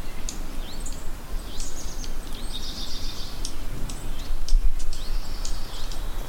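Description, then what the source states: Ruby-crowned kinglet song: scattered very high slurred notes and a couple of fast twittering bursts, against persistent low-frequency noise. Singing, heard on April 19; song rendered as 'papapapapapiu, papiu, papiu, papiu'.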